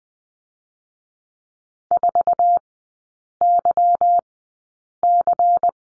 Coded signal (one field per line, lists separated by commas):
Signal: Morse code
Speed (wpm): 20 wpm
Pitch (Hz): 700 Hz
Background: none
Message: 4YC